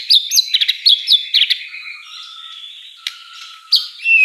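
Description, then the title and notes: White-rumped shama song: a burst of sharp, sweet whistled notes around the first second and a half, then faint thin tones and a few clipped chips. Lure song (pancingan) with rich, elaborate fill phrases (isian mewah), meant to get a bird singing actively (gacor). "Pancingan Gacor Murai Batu Bongkar Isian Mewah. Audio Murai Batu Dongfeng"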